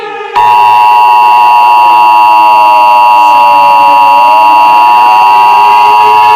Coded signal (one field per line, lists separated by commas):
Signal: Emergency Alert System (SAME) tones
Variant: 853 and 960 Hz attention tone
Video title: EAS Mock - Limerick